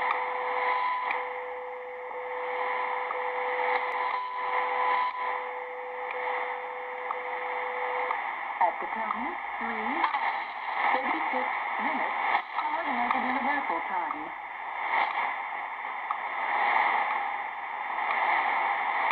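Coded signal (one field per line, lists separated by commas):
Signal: radio time signal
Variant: WWVH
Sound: steady audio tone for eight seconds, then a woman's voice announcing the time, through static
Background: radio static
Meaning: Voice announces the time as 03:34 UTC, with tone ticks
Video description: Sonidos: Beeps ( 2 sonidos ), Locutora en Ingles. ID en 03:34 UTC: " At The Tone Three Hours, Thirty Four minutes. __ Universal Time "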